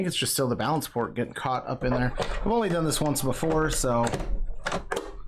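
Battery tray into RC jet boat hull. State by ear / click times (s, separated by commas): seated / 4.7 s, 4.9 s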